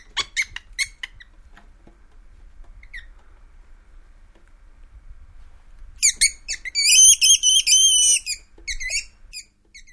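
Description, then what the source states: Weasel squeals: a few shrill notes at the start, then faint soft sounds, then a loud rapid run of wavering, harmonic squeals in the last four seconds. Weasel in an enclosure.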